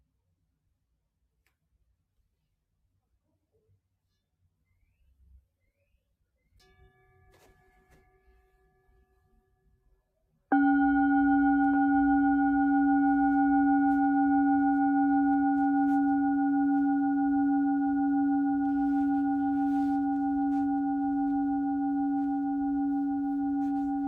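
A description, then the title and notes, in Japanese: A singing bowl is struck at about ten seconds and rings on steadily to the end, a bright, pure tone over a deeper hum that fades only slightly. Before the strike, a quieter ringing begins near six seconds, with a few soft taps and rustles. メキシコからシンギングボウルをお届け。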